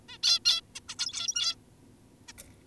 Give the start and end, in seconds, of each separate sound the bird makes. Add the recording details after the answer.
0.09-0.18, 0.23-0.40, 0.46-0.61, 0.75-0.80, 0.89-0.95, 0.99-1.56, 2.29-2.33. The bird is an adult. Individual g17y2U